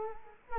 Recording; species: mosquito wingbeat signal from an infrared sensor; Culex quinquefasciatus